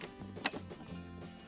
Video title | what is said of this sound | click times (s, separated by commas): Eight Sleep Pod Ultra - Mattress and Cover Unboxing and Setup | lined up you should hear a click when it inserts | 0.5 s